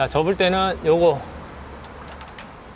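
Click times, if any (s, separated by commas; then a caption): 2.4 s. Someone talks while folding a car roof-mounted Fiamma F45s 260 roll-out awning, pushing the closing latch piece of the awning case all the way in until its colour mark disappears into the case. A single short click at 2.4 s marks the latch locking fully closed.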